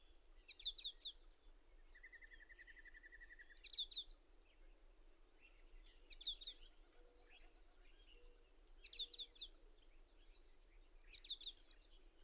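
Bird song: short high trilled bursts every few seconds, a steady lower rattling trill, and series of high whistled notes leading into sharp zigzag phrases.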